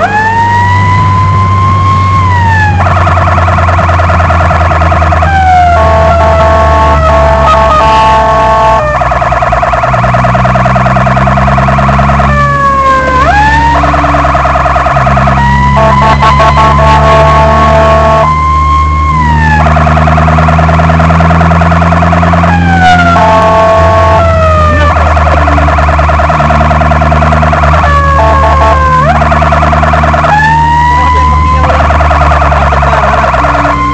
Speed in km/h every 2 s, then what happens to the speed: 70, 63, 60, 52, 43, 49, 50, 48, 54, 55, 59, 63, 54, 55, 54, 55, 47.
0-8 slows to 43. 8-14 steady at about 48. 14-22 speeds up to 63. 22-24 brakes to 54. 24-30 steady at about 54. 30-34 slows to 47.